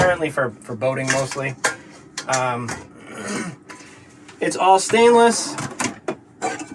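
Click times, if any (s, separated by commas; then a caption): 6.1 s. Someone talks while a removable stainless handle is clipped onto a stainless Magma cooking pot, made for boating, that has a locking pin. One sharp click is heard at 6.1 s as the handle seats with a rugged, positive click-on, and the talking continues around it.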